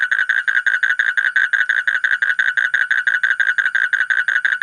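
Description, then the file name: Asian common toad croaking in a quick, rhythmic trill of grating mid-pitched pulses, unbroken across the whole stretch. "suara kodok bangkong kolong kodok buduk"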